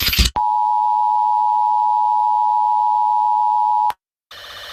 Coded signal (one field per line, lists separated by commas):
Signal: Emergency Alert System (SAME) tones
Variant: 853 and 960 Hz attention tone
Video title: NATO And Ukraine Invading Russia, EAS Scenario (All Fake, Not Real)